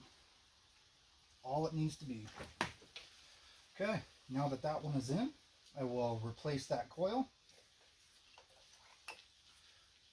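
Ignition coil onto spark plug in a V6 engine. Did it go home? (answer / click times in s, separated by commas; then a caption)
yes / 9.1 s. Someone talks while an ignition coil is pushed down into the plug well of a Honda/Acura V6 engine. Its boot pops onto the spark plug terminal with a short, sharp click at 9.1 seconds, and the coil is seated.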